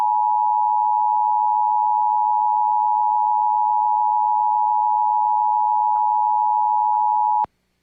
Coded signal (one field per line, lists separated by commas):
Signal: Emergency Alert System (SAME) tones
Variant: 853 and 960 Hz attention tone